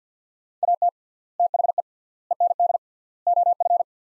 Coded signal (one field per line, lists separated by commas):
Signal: Morse code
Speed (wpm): 50 wpm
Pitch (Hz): 700 Hz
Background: none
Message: AT THE END OF